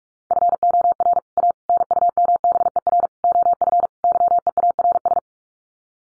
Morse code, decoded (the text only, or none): FOR A NUMBER OF YEARS